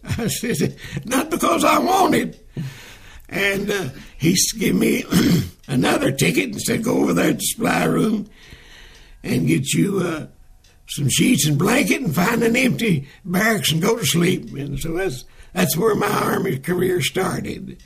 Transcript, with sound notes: I [Chuckling] says, “Not because I wanted.” And…he sa…gave me (Clears throat) another ticket and said go over there to the supply room and get you…some sheets and blanket and find an empty barrack and go to sleep, and so that, that’s where my army career started.